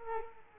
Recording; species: mosquito wingbeat signal from an infrared sensor; Culex quinquefasciatus